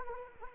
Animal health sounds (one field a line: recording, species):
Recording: mosquito wingbeat signal from an infrared sensor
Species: Anopheles arabiensis